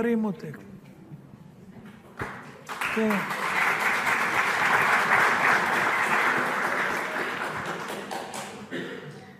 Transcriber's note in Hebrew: מחיאות כפיים